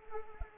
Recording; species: mosquito wingbeat signal from an infrared sensor; Anopheles arabiensis